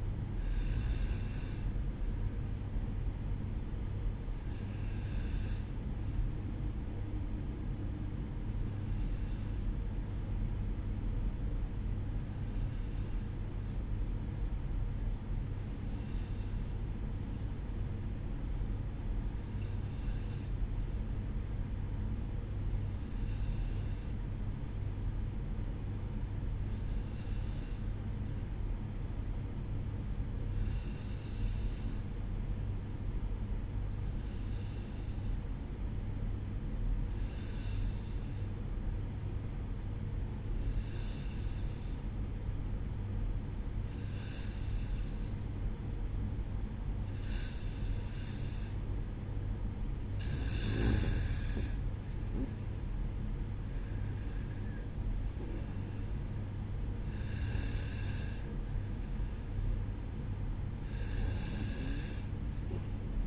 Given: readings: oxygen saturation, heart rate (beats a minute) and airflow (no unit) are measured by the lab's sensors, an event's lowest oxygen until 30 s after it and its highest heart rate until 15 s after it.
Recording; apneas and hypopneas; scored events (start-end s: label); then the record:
breathing in sleep by a smartphone at the bedside; 1
13.00-49.30 s: hypopnea (N1, oxygen 95% highest, then 92% lowest, heart rate 58 at the start, 63 highest)
17.00-47.00 s: new sleep stage, N2 (light sleep)
47.00-63.27 s: new sleep stage, N1 (lightest sleep)
From the record:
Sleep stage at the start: N1 (lightest sleep); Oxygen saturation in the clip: 92 to 95%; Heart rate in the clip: 57 to 63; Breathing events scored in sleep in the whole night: 305 in 9.6 hours asleep